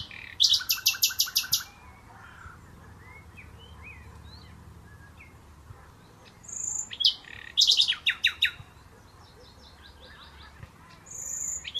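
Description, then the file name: Common nightingale song in bursts: rapid rattling trills of repeated notes, whistled phrases and high thin notes, separated by pauses, with a low hum underneath. "Luscinia megarhynchos"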